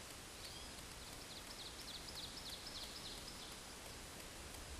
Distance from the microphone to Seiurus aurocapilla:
about 105 m